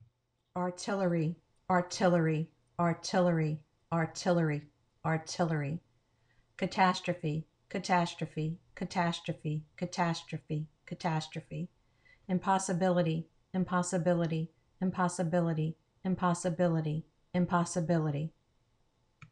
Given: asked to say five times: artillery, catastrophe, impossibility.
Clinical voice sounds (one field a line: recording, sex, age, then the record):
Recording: three words, each repeated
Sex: female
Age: 50 to 59 years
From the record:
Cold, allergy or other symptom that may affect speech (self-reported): no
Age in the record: 55 years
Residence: Georgia, United States